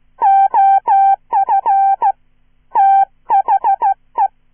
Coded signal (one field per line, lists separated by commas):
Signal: Morse code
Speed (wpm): 14 wpm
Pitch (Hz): 780 Hz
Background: none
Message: OF THE